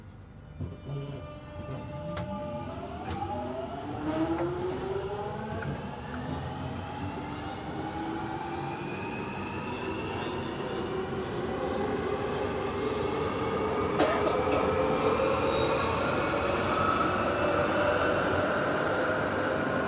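A London Underground train on the Jubilee Line gathers speed, its motor whine climbing steadily in pitch over the twenty seconds. A dense, rumbling roar of wheels on track fills the carriage and grows louder toward the end, with occasional sharp clicks and clunks.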